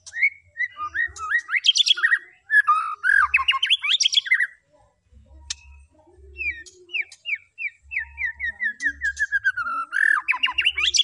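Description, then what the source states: White-rumped shama singing a varied phrase of squawky slurs and bright trills, a short gap, then a long descending series of quick whistled notes ending in a buzzy burst. Lure recording of a vigorously singing (gacor) white-rumped shama, used to make the bird respond.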